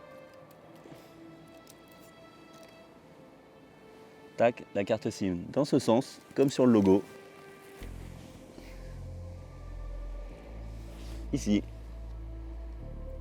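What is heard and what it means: A SIM card is oriented to match the logo and lined up at the card slot of the GPS antenna for a Hi-Target Farmstar F3 autosteering system, ready to be pushed home. Someone talks over background music, with a low hum rising in the second half. Nothing has clicked or seated yet.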